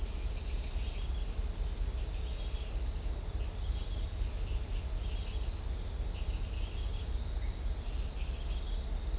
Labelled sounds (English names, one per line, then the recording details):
none
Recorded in shrubland near Pivijay, Magdalena, Colombia, on 3 June 2023 at 04:00
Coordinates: 10.453, -74.365
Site P5-G022